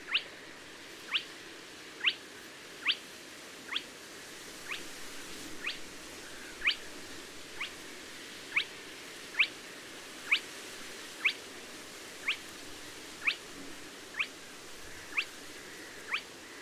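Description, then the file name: Spotted crake calling, a sharp whiplash whistled 'hwit' repeated steadily about once every second, with soft background hiss throughout. "Tuepfelralle"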